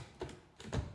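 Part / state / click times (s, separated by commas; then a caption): floor head onto vacuum wand / not seated / none. A vacuum floor head is being fitted onto the end of a vacuum wand, with short plastic knocks and scrapes of handling around 0.2 s and again from 0.6 to 0.8 s. Nothing has clicked or seated yet; the clip ends just before the floor head goes home on the wand.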